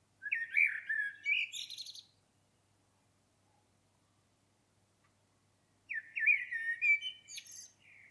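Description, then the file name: Common blackbird song: a flowing fluted warble with a shrill scratchy ending, a long pause, then another similar phrase. "Turdus merula"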